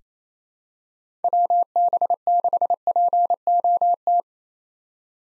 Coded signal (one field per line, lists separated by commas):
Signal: Morse code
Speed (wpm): 28 wpm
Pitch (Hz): 700 Hz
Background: none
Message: WB6POT